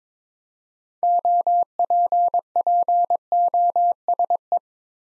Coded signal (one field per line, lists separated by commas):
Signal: Morse code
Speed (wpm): 23 wpm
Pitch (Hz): 700 Hz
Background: none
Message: OPPOSE